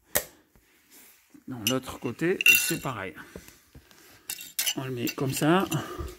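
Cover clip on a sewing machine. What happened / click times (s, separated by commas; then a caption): The cover clip snapped open / 0.2 s. A cover clip on a Juki 481 sewing machine is pulled open at one point and releases with a sharp snap at 0.2 s. Someone talks, and a couple of brief handling knocks follow near 4.3 and 4.6 s.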